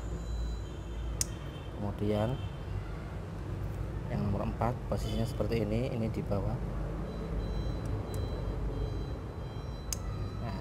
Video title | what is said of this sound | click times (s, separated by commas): PROSES MENGGANTI SOKET KOIL YARIS BAKPAO! | bunyi klik-klik seperti itu | 9.9 s